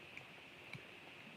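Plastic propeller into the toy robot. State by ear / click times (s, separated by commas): not seated / none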